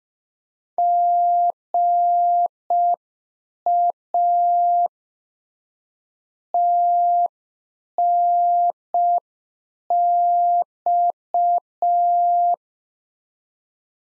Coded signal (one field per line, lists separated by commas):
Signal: Morse code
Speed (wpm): 5 wpm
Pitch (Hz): 700 Hz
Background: none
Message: GA TNX